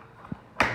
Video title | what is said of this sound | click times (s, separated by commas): 00-06 Tahoe/Yukon Broken Blend Door Repair Rear Evaporator core housing replacement. Fix the Rear AC | it just snaps into place like that | 0.6 s